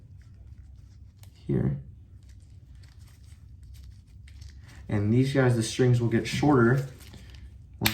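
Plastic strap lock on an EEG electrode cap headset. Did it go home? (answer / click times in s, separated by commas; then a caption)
yes / 7.9 s. A plastic lock piece on the strap of an EEG electrode cap headset is fitted and clicked into place so the strings can be shortened, while someone talks. A sharp click at 7.9 s confirms the lock is seated.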